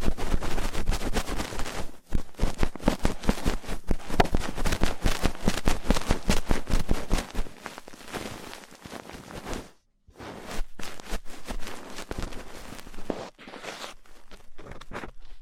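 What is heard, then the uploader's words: Rough ear cleaning: dense, crackling scratches and rubs fill the first seven seconds, loud and fast with brief breaks near two seconds. Afterward the scraping thins to quieter, sparser strokes, dropping to near silence around ten seconds before short bursts return. ASMR Rough Ear Cleaning (No Talking).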